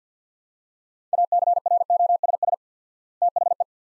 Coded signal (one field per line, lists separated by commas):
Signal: Morse code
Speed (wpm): 49 wpm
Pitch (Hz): 700 Hz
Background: none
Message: ACROSS THE